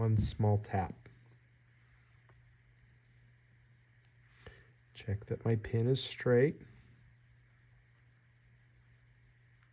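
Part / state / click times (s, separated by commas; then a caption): crimped wire pin into servo connector housing / not seated / none. A crimped gold pin on a servo wire is being handled before it is pushed up into a plastic connector housing. Someone talks, and a few faint small clicks and taps are heard. Nothing has seated or clicked into the housing yet.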